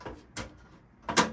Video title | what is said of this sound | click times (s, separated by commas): NZXT H510 Flow - In Depth Case Review | That just clips back in like that. | 0.4 s